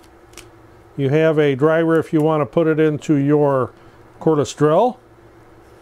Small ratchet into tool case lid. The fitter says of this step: have a little ratchet here that stores right in the top and it locks in place